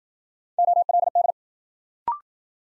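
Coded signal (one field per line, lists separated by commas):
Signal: Morse code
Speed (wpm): 53 wpm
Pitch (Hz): 700 Hz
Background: none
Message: OLD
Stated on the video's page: New-word head-copy drill at 55 wpm: each word sent in Morse, spoken, then sent again.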